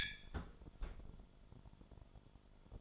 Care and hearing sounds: daily activity, microphone in the room; close fridge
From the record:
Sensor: 5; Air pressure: 1007.9 hPa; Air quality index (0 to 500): 94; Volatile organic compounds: 1 ppm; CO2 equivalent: 740 ppm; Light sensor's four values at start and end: 46/105/45/47 and 45/103/44/46

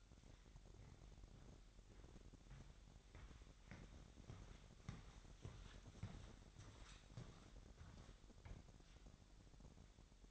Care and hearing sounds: daily activity, microphone in the room; walk to room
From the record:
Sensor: 3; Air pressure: 1012.2 hPa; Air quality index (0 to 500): 144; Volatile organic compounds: 2 ppm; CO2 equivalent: 1104 ppm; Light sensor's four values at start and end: 140/335/139/129 and 134/322/133/123

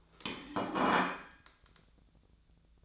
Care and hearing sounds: daily activity, microphone in the room; place plate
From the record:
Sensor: 3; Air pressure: 1009.4 hPa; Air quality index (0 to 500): 197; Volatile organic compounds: 16 ppm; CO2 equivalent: 2560 ppm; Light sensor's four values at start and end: 32/79/34/36 and 32/78/33/35

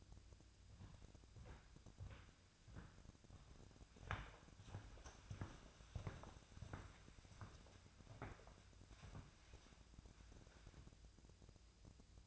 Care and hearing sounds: daily activity, microphone in the room; walk to room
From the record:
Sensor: 2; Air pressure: 999.8 hPa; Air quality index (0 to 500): 122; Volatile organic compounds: 2 ppm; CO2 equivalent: 1049 ppm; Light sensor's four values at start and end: 30/71/32/35 and 30/72/32/36

